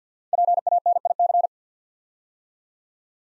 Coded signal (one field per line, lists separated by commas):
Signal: Morse code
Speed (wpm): 47 wpm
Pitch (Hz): 700 Hz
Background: none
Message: PANIC